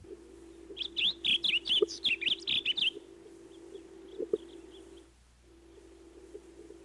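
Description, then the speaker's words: Blue grosbeak song: a quick, warbling run of sweet slurred notes lasting about two seconds, then quiet, over a steady low hum. Gentle, melodious, warbling song; fairly common in open rural areas. "It sings a gentle, melodious, warbling song."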